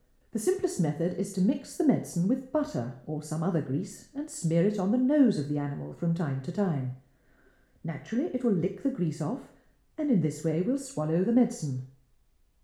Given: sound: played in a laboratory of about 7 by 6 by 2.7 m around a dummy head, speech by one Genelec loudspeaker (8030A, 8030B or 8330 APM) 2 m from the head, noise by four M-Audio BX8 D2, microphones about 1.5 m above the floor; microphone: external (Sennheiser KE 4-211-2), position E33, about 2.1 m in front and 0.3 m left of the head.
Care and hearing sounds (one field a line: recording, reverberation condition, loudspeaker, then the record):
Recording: female speech in English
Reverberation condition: medium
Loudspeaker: in front (0 degrees)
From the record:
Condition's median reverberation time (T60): about 510 ms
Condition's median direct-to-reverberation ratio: about -0.5 dB